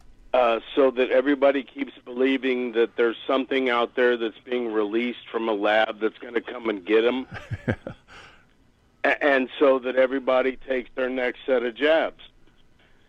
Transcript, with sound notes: so that everybody keeps believing that there's something out there that's being released from a lab that's going to come and get them.
(laughs)
A- and so that everybody takes their next set of jabs.